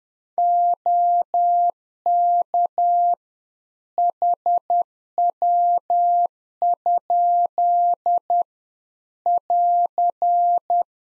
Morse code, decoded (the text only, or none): OK HW? <AR>